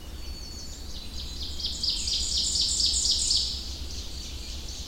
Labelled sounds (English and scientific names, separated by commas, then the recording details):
Ovenbird (Seiurus aurocapilla) song
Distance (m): 25 m
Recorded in boreal forest in Alberta, Canada, on 21 June 2016 at 06:52
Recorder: SongMeter 3, array SBT-6-81
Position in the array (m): 37 m, 94 m
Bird 24